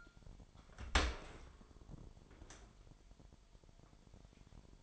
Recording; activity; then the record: daily activity, microphone in the room; open dishwasher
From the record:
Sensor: 5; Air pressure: 998.5 hPa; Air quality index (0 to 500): 79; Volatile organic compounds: 1 ppm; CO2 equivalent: 902 ppm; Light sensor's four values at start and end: 22/53/22/25 and 23/53/22/25